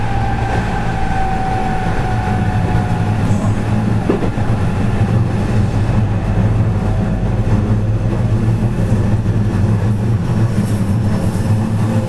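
A JR Kobe Line local train of the 207 series runs steadily with a low rumble, a faint whine, and occasional brief clicks throughout.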